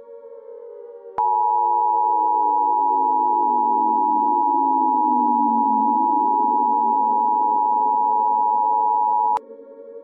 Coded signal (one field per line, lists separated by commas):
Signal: Emergency Alert System (SAME) tones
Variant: 853 and 960 Hz attention tone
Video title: EAS Mock: Jim's Computer